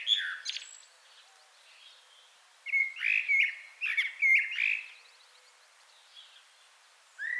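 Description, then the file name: Common blackbird song: one clear fluty phrase with several rising whistled notes and a scratchy twitter, framed by quieter fragments and long gaps. "Turdus merula"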